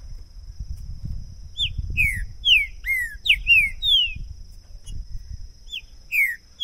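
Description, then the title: Green-winged saltator song: loud slurred whistled notes, some falling and some rising, given in quick irregular phrases over a low rumble and a steady thin high tone. Two trinca-ferro birds taken to the woods in 2022; calling, singing and macheando (male display song); used to warm up a bird and open its song for singing competition. "ESQUENTAR Seu TRINCA Piando, Cantando E Macheando Na DISPUTA. LEVEI 2 TRINCA FERRO NO MATO!! ABRIR O CANTO DO TRINCA FERRO!! 2022!"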